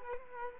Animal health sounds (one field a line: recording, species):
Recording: mosquito wingbeat signal from an infrared sensor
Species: Culex quinquefasciatus